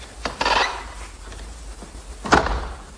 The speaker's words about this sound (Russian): Сейчас я прикрою дверь на кухню.